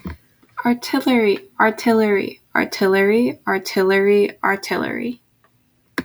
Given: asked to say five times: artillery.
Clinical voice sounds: repeated word; female; 20 to 29 years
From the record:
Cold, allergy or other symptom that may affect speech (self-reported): no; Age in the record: 21 years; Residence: North Carolina, United States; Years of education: 15

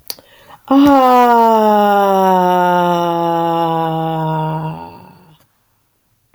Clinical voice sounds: vowel held as long as possible; female; 40 to 49 years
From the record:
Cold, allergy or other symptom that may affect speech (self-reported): no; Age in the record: 46 years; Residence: Missouri, United States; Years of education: 16

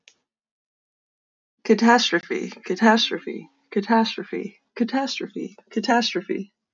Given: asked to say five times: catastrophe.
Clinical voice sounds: repeated word; female; 30 to 39 years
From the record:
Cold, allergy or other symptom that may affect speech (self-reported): no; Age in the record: 32 years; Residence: Pennsylvania, United States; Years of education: 14

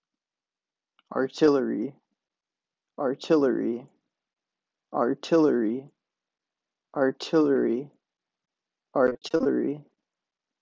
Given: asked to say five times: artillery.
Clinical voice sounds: repeated word; male; 20 to 29 years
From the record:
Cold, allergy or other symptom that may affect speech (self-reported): no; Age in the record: 22 years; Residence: Wisconsin, United States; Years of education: 14

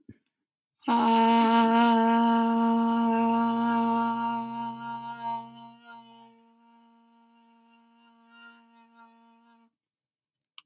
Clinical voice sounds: vowel held as long as possible; female; 20 to 29 years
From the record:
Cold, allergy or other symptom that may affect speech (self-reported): no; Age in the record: 21 years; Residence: New Jersey, United States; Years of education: 16

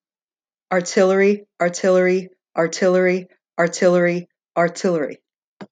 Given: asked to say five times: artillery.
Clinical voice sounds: repeated word; female; 40 to 49 years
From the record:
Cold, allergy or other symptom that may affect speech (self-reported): no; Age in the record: 46 years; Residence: Florida, United States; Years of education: 18

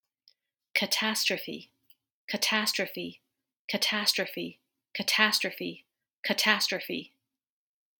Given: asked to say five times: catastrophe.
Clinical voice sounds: repeated word; female; 30 to 39 years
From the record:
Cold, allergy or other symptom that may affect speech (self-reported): no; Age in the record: 35 years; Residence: United States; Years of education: 17

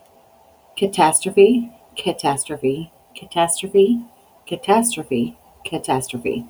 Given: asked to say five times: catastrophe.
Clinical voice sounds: repeated word; female; 40 to 49 years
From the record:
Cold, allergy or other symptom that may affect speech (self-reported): no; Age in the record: 41 years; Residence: Arkansas, United States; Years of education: 14

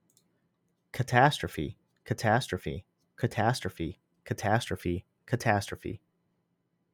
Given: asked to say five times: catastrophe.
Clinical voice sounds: repeated word; male; 20 to 29 years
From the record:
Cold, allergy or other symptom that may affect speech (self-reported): no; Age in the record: 28 years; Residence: Pennsylvania, United States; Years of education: 18

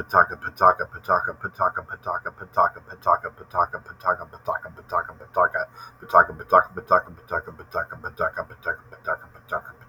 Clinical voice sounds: repeated syllables /pa ta ka/; male; 30 to 39 years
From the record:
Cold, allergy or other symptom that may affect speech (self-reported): no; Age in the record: 35 years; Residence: Ohio, United States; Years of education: 16

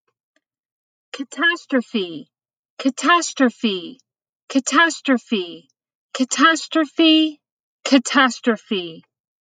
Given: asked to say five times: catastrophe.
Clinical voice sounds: repeated word; female; 30 to 39 years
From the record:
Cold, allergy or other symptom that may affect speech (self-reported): no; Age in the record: 36 years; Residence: Pennsylvania, United States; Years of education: 16

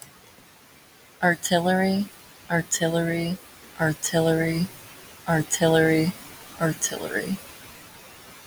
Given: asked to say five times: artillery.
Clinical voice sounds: repeated word; female; 20 to 29 years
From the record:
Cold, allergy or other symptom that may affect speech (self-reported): no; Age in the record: 21 years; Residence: South Carolina, United States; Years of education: 16

